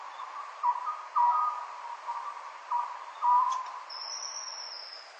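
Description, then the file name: Oriental scops owl gives short, mid-pitched hooting notes at irregular intervals; a thin high whistle is heard near the end. Recorded at Nikko, Japan; date given as 120602. "konoha nikko abe"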